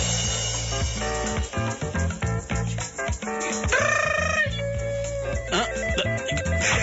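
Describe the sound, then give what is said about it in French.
A portable phone, received as a Christmas present, rings with a loud, busy electronic melody that plays continuously, and partway through a rooster-like crow rises out of it. No one speaks. “C'est quoi ce bruit de l'enfer encore? Mais qu'est-ce que je suis étourdi, moi? C'est mon parloir portable qu'on m'a offert à Noël.”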